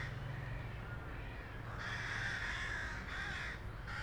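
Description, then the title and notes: Crows cawing, harsh calls starting midway and repeating in bursts over a steady low rumble of street traffic. Crows in a small park near the Rhine bank, Josef-Bueb-Straße, Breisach am Rhein, Germany, with street noise. "Josef-Bueb-Straße, 79206 Breisach am Rhein, Deutschland - Krähen und Straßenlärm. Kleiner Park nähe Rheinufer. Straßen- und Krähenlärm"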